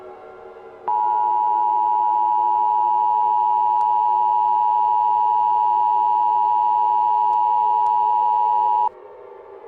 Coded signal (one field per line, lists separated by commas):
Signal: Emergency Alert System (SAME) tones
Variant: 853 and 960 Hz attention tone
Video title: The Sun's Outage (EAS Scenario)